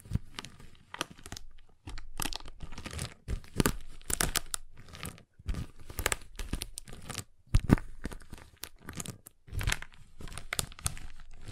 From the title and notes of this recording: ASMR Giant Chocolate Bar Tapping, Cutting, Snapping Sounds (No Talking).